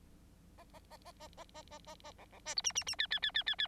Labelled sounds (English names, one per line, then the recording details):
Bengalese Finch song
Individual Bird9